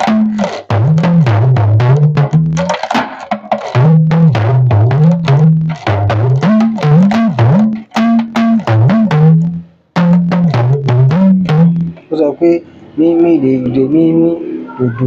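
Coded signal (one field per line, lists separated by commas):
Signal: talking drum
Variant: Yoruba dùndún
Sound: rapid drum strokes whose low pitch bends up and down like speech tones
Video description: This is a lesson design for people that want to know more about owe Yoruba and increase there vocabulary in yoruba proverbs on talking Drum.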